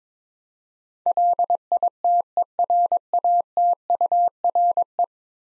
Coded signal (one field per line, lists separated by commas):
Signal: Morse code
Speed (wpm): 22 wpm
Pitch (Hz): 700 Hz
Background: none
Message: LITERATURE